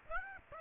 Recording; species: mosquito wingbeat signal from an infrared sensor; Aedes aegypti